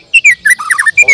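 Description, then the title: Bird song: loud whistled and warbled notes in several rising and falling phrases in quick succession. "Kicau Burung"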